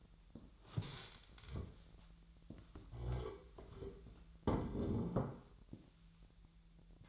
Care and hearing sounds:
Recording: daily activity, microphone in the room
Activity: stand up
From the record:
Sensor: 3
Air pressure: 1001.5 hPa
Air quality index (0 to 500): 246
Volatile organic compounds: 138 ppm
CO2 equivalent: 3969 ppm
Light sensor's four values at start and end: 12/28/12/12 and 12/28/12/12

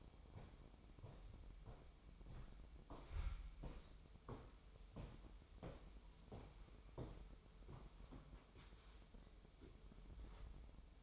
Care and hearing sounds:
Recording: daily activity, microphone in the room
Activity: walk to room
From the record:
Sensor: 1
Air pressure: 988.3 hPa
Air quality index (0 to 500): 199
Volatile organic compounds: 1000 ppm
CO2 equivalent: 5338 ppm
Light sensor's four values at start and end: 26/97/37/38 and 26/95/36/38

